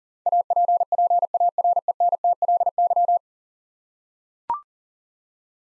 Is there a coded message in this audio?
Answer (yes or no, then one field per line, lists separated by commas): yes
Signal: Morse code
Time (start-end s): 0.3-3.2 s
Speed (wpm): 40 wpm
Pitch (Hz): 700 Hz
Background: none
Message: APPARENTLY